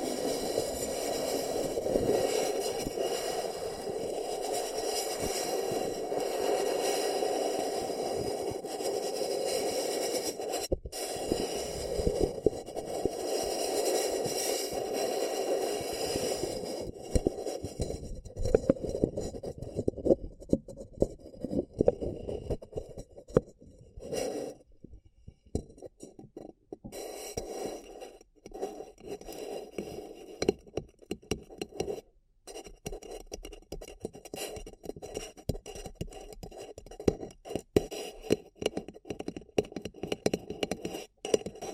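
Fingers scratch and rub a paper cup, a dense, steady, papery scraping for about the first seventeen seconds. After that the sound turns choppy, with short bursts of crinkling and tapping broken by brief silences and quieter stretches to the end.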